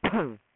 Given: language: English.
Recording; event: throat vibration sensor signal played as sound; cough